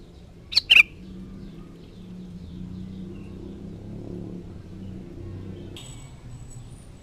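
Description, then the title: Sooty-headed bulbul giving a single short bubbly, warbled phrase early on, with a faint second note later over a steady low rumble. "Kutilang"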